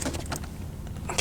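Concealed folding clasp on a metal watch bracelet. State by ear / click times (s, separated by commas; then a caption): seated / 1.1 s. The concealed folding clasp on the President bracelet of a yellow gold Rolex Day-Date 40 is closed on the wrist. Light metallic ticks and rattles come before the clasp snaps shut with a crisp click at 1.1 s, closing easily.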